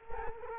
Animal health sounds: mosquito wingbeat signal from an infrared sensor; Culex quinquefasciatus

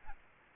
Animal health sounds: mosquito wingbeat signal from an infrared sensor; Aedes albopictus

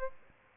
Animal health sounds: mosquito wingbeat signal from an infrared sensor; Aedes albopictus

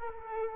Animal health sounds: mosquito wingbeat signal from an infrared sensor; Culex quinquefasciatus

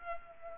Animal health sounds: mosquito wingbeat signal from an infrared sensor; Culex quinquefasciatus

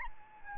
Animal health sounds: mosquito wingbeat signal from an infrared sensor; Aedes albopictus

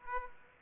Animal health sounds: mosquito wingbeat signal from an infrared sensor; Aedes aegypti

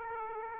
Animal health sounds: mosquito wingbeat signal from an infrared sensor; Aedes aegypti

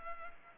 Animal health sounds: mosquito wingbeat signal from an infrared sensor; Culex pipiens

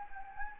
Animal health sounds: mosquito wingbeat signal from an infrared sensor; Anopheles gambiae

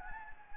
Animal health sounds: mosquito wingbeat signal from an infrared sensor; Anopheles gambiae

